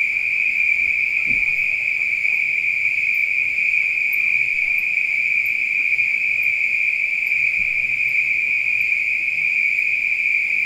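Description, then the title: Spring peeper chorus, a continuous shrill, high-pitched ringing from many callers, steady and unbroken across the whole stretch. Peepers calling at night. "neoscenes: night peepers"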